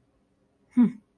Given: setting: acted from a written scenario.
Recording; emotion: vocal sound without words; neutral